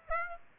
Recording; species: mosquito wingbeat signal from an infrared sensor; Aedes aegypti